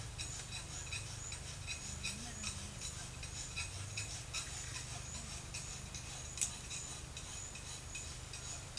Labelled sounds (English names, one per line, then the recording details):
none
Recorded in secondary vegetation near Puerto Asís, Putumayo, Colombia, on 22 December 2024 at 12:30
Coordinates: 0.499, -76.323
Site G010